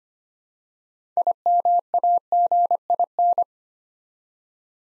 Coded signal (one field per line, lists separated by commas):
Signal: Morse code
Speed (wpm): 25 wpm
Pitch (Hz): 700 Hz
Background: none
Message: IMAGIN